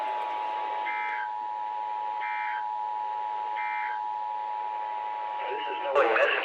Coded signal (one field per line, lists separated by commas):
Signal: Emergency Alert System (SAME) tones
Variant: 853 and 960 Hz attention tone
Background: speech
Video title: CAP MAKES A SCENE... NWR Practice/Demo Warning WXK68 (05/24/22) (EAS#354-356)